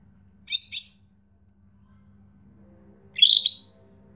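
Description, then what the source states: Bird chirping: two short, bright, slightly buzzy upslurred notes separated by about two seconds of quiet. Birdsong used for training pet birds.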